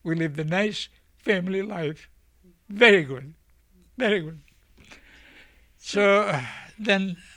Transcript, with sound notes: We lived a nice family life. Very good. Very good. (he cries) So then